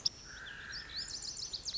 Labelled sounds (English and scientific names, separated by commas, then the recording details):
Lazuli Bunting (Passerina amoena)
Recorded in Sonoma County, California